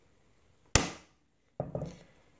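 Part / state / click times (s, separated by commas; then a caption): gas tube into rifle receiver/hand guard assembly / seated / 0.8 s. A gas tube is pressed down onto an Arsenal PR-01 rifle during a hand guard install until it locks into place, giving one loud, sharp click at 0.8 seconds that rings out briefly. Two softer knocks follow at about 1.6 and 1.8 seconds as the gas tube is confirmed seated.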